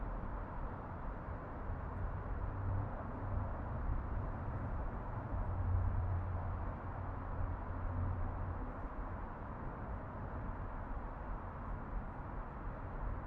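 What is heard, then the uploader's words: An urban backyard carries a steady low rumble of traffic and city hum, dense and unbroken for the whole stretch. A deeper drone swells slightly around the middle, like a vehicle passing, then settles back into the even background. Urban Backyard - Oakland, CA. Zoom H6 XY Stereo Mic Capsule. Unbranded Mini Mic Stand. Magnetic Microphone Mounts.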